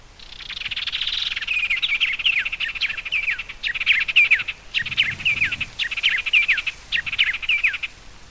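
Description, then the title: Bird song of bright, high chirps and sharply downslurred whistled notes, delivered in quick, slightly uneven runs throughout, with faint low background noise. "LuckyPassaro Completos2Sama"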